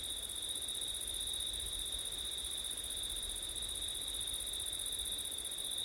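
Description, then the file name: Continuous shrill cricket chirring, level and unbroken, accompanied by a slightly stronger low wind rumble. Crickets at night in September, with wind; recorded with ortif setup. "crickets wind september night ortif"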